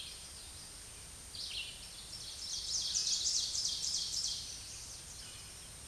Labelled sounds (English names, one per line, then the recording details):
Ovenbird song
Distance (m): 20 m
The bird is about level with the microphone
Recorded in a Pennsylvania forest on 16 May 2024 at 07:54
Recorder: AudioMoth, point MSD-2083
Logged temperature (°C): 16.7 °C
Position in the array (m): 149 m, 2 m